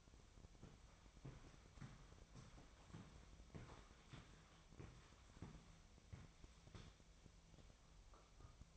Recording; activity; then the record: daily activity, microphone in the room; walk to room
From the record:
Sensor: 1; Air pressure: 999.4 hPa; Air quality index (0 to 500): 196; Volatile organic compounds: 38 ppm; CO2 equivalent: 3119 ppm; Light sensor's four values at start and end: 10/24/9/10 and 10/24/9/10